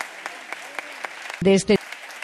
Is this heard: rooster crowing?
no